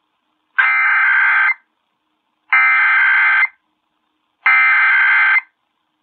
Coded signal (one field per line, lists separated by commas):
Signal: Emergency Alert System (SAME) tones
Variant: header bursts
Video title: C.Crane CC Skywave | EAS RMT 780AM WBBM (EAS #10)